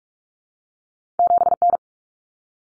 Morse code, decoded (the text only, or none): 7N